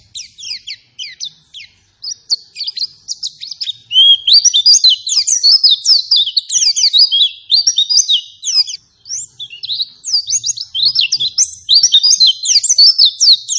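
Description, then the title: White-eye song, a fast, continuous jumble of high twittering notes, sharply rising and falling, louder and denser after the first few seconds. Energetic, insistent white-eye song used as a lure to make other white-eyes respond and answer. "Pleci Gacor. Apapun plecinya AKAN LANGSUNG MERESPON dan NYAUT dengan pancingan pleci ngotot ini"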